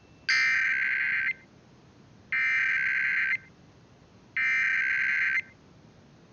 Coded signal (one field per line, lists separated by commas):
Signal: Emergency Alert System (SAME) tones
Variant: header bursts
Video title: National EAS Test fail - 8/11/2021